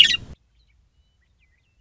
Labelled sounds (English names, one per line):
Western Meadowlark